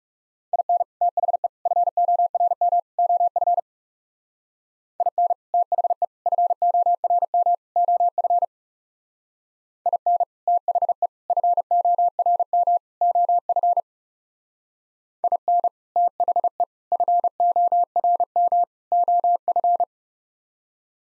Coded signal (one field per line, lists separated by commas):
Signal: Morse code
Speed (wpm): 36 wpm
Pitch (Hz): 700 Hz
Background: none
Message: IN THE FORM OF IN THE FORM OF IN THE FORM OF IN THE FORM OF